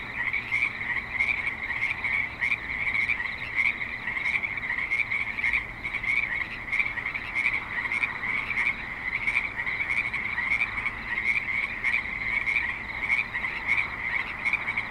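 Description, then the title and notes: Frogs in a steady chorus, shrill rapid trills overlapping continuously. Frogs calling at a creek in suburban Spanish Springs, Nevada. "Frogs in Spanish Springs, NV - creek view. Frogs with light traffic and other suburban sounds"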